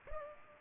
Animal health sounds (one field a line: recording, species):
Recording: mosquito wingbeat signal from an infrared sensor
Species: Culex pipiens